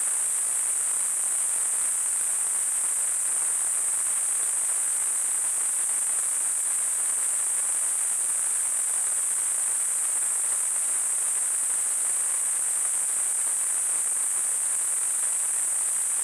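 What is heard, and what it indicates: A steady, unbroken high-pitched hiss centred near 8 to 9 kHz runs for about 16 seconds with no change in loudness. It is a simulated tinnitus sound, imitating the constant ringing or hissing some people hear with no outside source.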